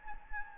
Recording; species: mosquito wingbeat signal from an infrared sensor; Anopheles gambiae